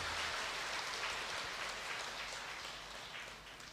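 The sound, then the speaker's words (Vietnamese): A crowd claps steadily in dense, continuous applause welcoming a Buddhist monk, abbot of Phước Sơn Zen Monastery in Biên Hòa, Đồng Nai, Vietnam; it stays loud before tapering slightly toward the end, with no voices heard over it. “Chúng ta nếu có một tràng pháo tay để cung đón Thầy.”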